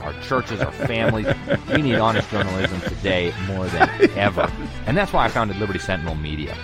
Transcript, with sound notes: Our churches, our families-
(laughs)
We need honest journalism today, more than ever.
(laughs)
And that's why I founded Liberty Sentinel Media.